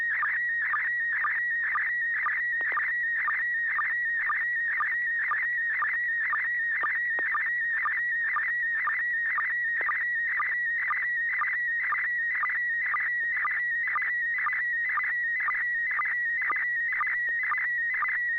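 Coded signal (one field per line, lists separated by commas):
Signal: SSTV (slow-scan television)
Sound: warbling, chirping tone with a short low click about twice a second, throughout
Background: low mains hum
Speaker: you ready to send us a picture was their tone was tone [Music] [Music]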